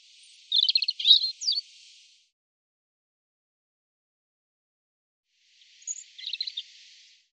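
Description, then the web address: European robin song: a short burst of rapid trilled high notes, silence for several seconds, then a fainter trilled phrase. "cianscape birddata Deverinetal 2025 Bird Er Ru"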